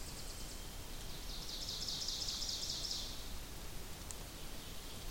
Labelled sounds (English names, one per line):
Ovenbird song